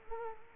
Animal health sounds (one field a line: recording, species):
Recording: mosquito wingbeat signal from an infrared sensor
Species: Culex quinquefasciatus